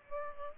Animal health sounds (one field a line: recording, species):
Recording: mosquito wingbeat signal from an infrared sensor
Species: Aedes aegypti